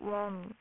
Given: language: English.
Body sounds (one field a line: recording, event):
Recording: throat vibration sensor signal played as sound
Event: speech